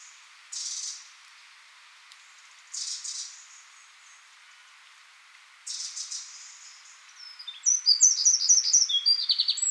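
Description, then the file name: Eurasian wren giving harsh, buzzy bursts spaced a couple of seconds apart, then breaking into a rapid high trilling song at the end over steady background hiss. "Troglodytes troglodytes"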